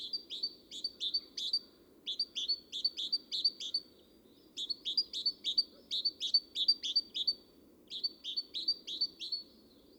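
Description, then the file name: Great tit sings four runs of sharp, repeated two-note units with short gaps between runs. Soft low background noise can be heard throughout. "Parus major"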